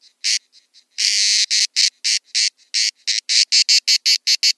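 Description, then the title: Grey cicada singing loud buzzy pulses, one long harsh burst early, then clipped chirps speeding into a steady fast rhythm. Encounter of several grey cicadas, recorded at Buoux, Vaucluse, in June 2004. "Sylvain Jaskowiak - Animus. Rencontre de cigales grises - Buoux, Vaucluse - juin 2004"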